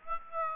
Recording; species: mosquito wingbeat signal from an infrared sensor; Aedes aegypti